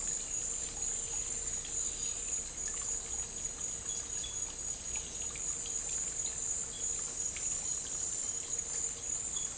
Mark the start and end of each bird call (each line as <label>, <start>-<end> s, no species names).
bird call, 3.83-6.29 s
bird call, 6.72-7.03 s